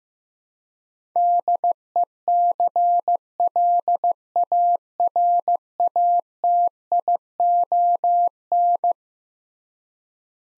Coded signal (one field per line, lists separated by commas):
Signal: Morse code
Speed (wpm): 15 wpm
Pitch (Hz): 700 Hz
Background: none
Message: DECLARATION